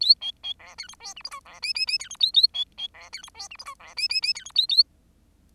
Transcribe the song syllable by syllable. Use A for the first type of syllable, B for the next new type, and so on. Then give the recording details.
A B B C D E F G H I C J J J D E A A B B C D E F G H I C J J J D E A A. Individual Bird10